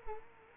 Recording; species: mosquito wingbeat signal from an infrared sensor; Culex quinquefasciatus